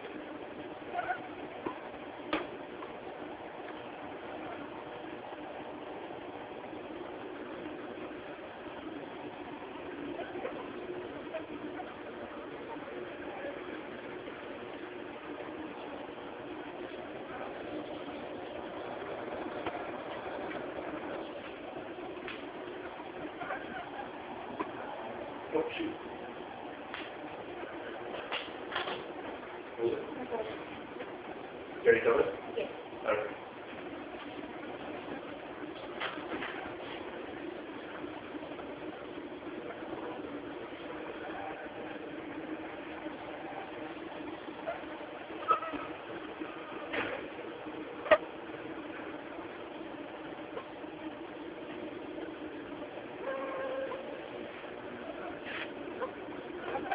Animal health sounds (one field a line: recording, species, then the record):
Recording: mosquito flight sound by mobile phone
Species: Aedes aegypti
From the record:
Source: UCD LA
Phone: Samsung T209